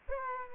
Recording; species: mosquito wingbeat signal from an infrared sensor; Aedes aegypti